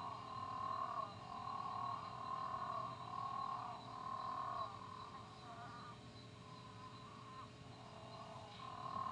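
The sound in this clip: Physalaemus moreirae frog giving a run of sustained tonal notes, each about a second, closely spaced, over a constant low background hum.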